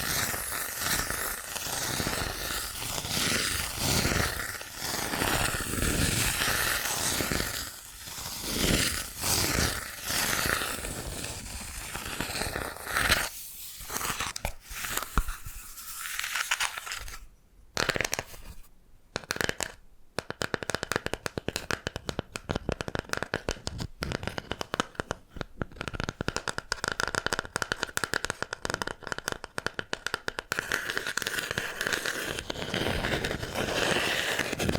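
Bamboo is tapped, scratched and brushed in a dense, restless run of dry rustling and quick clicks. The first half is thicker and steadier; around fifteen to twenty seconds it thins into sparse knocks and pauses, then resumes as rapid, brittle scraping to the end.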